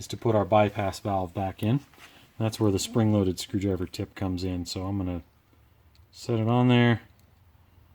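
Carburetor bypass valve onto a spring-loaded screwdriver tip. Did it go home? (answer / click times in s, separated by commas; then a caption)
no / none. Someone talks while handling a small brass carburetor bypass valve, getting ready to set it on a spring-loaded screwdriver tip before it goes into its hole in the carburetor base. Two faint, brief ticks sound at about 6.0 s and 7.2 s. Nothing has snapped in or seated yet.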